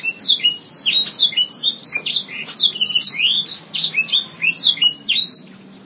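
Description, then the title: Canary song, a continuous stream of fast, high, downslurred chirps and twitters running for most. "Kenari"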